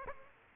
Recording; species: mosquito wingbeat signal from an infrared sensor; Aedes aegypti